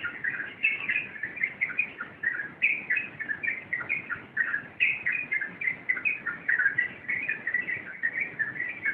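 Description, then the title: Yellow-vented bulbul pouring out short, liquid phrases in quick succession, mid-pitched and chattering, steady throughout. Wild bird. "Master Burung Jos. trucukan liar"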